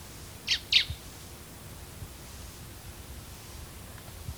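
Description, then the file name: Common blackbird giving two sharp, high, slightly falling notes early on, then only soft hiss and low rumble. "Turdus merula"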